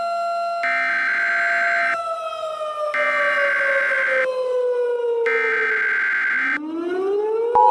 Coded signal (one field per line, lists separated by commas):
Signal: Emergency Alert System (SAME) tones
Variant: header bursts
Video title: EAS Scenario - Vampire Hunters (Recombined)